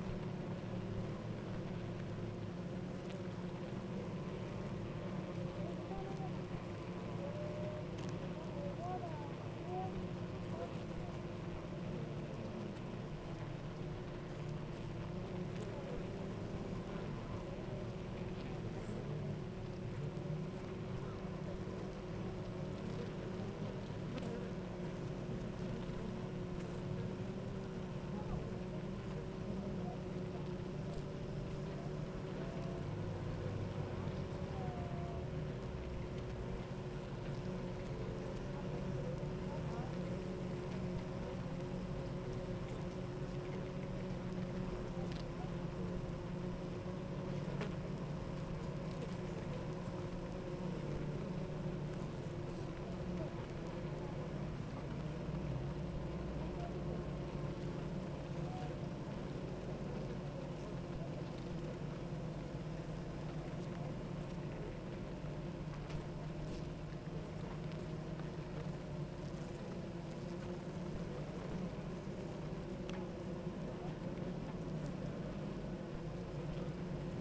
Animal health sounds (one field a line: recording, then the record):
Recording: honeybee colony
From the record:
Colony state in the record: active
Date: 28 July 2017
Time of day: 8:48